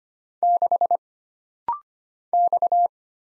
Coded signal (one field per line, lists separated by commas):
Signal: Morse code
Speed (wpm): 25 wpm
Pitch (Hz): 700 Hz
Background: none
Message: 6 X